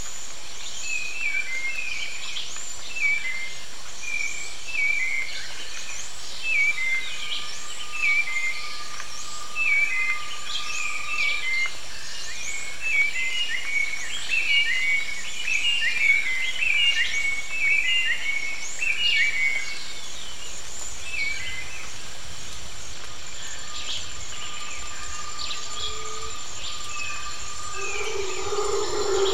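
Birds call through a wet jungle, with a busy run of short, bright chirps and whistles repeating through the first twenty seconds before thinning out. A steady high insect-like hum and a soft wash of rain-like hiss run underneath throughout.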